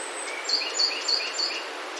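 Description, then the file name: Japanese robin song fragment: a quick series of four high, thin notes evenly spaced, with softer lower notes between, over steady hiss. "akahige"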